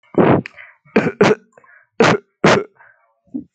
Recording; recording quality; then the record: heavy voluntary cough; excellent, no background noise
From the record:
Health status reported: healthy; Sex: male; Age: 21 years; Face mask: not worn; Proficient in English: no